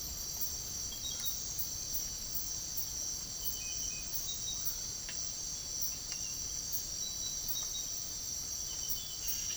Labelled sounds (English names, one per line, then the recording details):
none
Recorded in secondary vegetation near Puerto Asís, Putumayo, Colombia, on 24 March 2025 at 05:30
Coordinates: 0.489, -76.322
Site G042